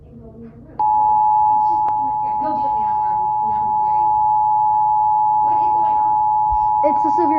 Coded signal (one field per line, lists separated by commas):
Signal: Emergency Alert System (SAME) tones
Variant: 853 and 960 Hz attention tone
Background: speech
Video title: SEVERE THUNDERSTORM WARNING AGAIN [EAS #178]